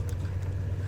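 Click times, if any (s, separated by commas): none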